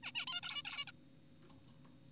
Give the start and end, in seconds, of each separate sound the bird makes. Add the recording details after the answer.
0.03-0.12, 0.15-0.26, 0.27-0.41, 0.43-0.62, 0.65-0.85, 0.87-0.92. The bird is an adult. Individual g4p5U